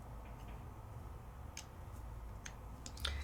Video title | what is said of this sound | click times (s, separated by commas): 488 We have 3 Global Launches Today 3D Embossing Folders, Sizzix Tools with a Twist & Lumiere Paints | clicks right in and you're like what does that do well it's kind of a cool little tool | 3.1 s